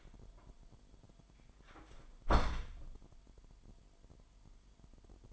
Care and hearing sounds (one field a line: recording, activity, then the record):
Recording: daily activity, microphone in the room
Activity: close door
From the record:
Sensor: 5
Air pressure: 998.5 hPa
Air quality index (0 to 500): 81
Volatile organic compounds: 1 ppm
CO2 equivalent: 926 ppm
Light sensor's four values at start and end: 34/81/34/37 and 34/82/34/37